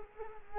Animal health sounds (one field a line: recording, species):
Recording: mosquito wingbeat signal from an infrared sensor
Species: Culex quinquefasciatus